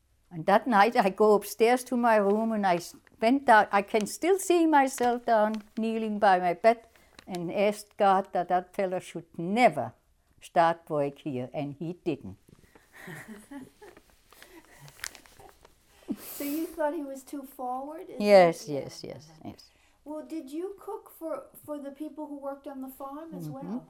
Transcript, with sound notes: And that night I go upstairs to my room, and I bent down, I can still see myself down kneeling by my bed and ask God that that fellow should never start work here, and he didn't. (they laugh)
So you thought he was too forward? Is that...
Yes, yes, yes.
Well, did you cook for, for the people who worked on the farm as well?